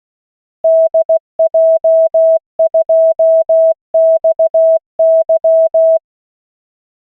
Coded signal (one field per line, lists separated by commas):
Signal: Morse code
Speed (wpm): 16 wpm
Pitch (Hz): 650 Hz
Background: none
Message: DJ2XY